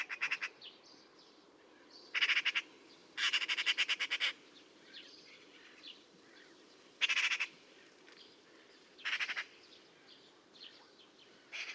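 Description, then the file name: Eurasian magpie giving harsh, rasping chatter in short bursts, including a fast rattling run of notes in the first half, separated by quiet gaps. "Pica pica"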